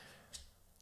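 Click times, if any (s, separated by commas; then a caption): none. A flashlight, an Olight Seeker 4 Pro, is pushed into its plastic clip mounting bracket. A brief broadband burst near 0.35 s and faint ticks around 0.8 s are heard, but the light fails to lock in and nothing has seated or clicked yet.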